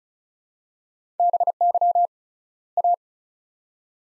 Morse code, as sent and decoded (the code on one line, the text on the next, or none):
-... -.-- / .-
BY A